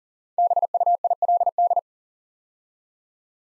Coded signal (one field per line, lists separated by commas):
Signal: Morse code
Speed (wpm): 39 wpm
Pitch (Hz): 700 Hz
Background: none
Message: BUILD